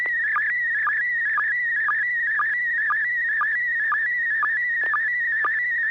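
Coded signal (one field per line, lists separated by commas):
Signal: SSTV (slow-scan television)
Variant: PD-120 mode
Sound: warbling tone around 2 kHz with regular low blips about twice a second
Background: low steady hum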